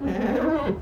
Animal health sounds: contact call of a hoofed animal; goat; low-frequency (closed-mouth) or high-frequency (open-mouth) call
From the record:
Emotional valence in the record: positive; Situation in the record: food anticipation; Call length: 0.82 s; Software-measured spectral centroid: 1150 Hz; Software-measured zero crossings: 980 a second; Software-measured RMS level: -24 dBFS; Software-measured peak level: -11 dBFS

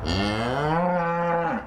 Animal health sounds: contact call of a hoofed animal; cattle; low-frequency (closed-mouth) or high-frequency (open-mouth) call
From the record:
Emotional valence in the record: negative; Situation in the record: full separation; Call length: 1.66 s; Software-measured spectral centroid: 1620 Hz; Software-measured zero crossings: 1780 a second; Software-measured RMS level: -24 dBFS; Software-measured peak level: -11 dBFS

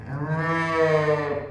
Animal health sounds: contact call of a hoofed animal; sheep; low-frequency (closed-mouth) or high-frequency (open-mouth) call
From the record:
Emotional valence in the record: negative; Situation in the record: short social isolation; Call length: 1.51 s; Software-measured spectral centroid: 1440 Hz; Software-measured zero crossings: 1470 a second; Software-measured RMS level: -23 dBFS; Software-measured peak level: -9 dBFS

